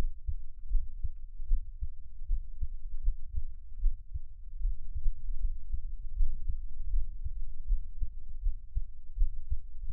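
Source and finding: Heart, close-miked. Heartbeat.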